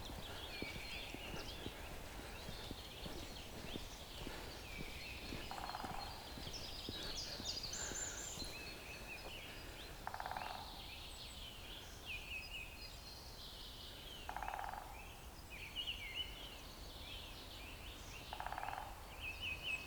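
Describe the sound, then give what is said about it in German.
A woodpecker in a forest of dead, brown conifers gives short, sharp bursts about every four seconds, four in all, over a steady low rumble and continuous high-pitched bird chatter. “Oh, ein Specht.”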